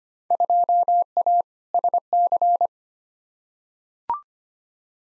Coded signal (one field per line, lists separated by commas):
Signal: Morse code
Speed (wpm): 25 wpm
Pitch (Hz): 700 Hz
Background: none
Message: 2A SC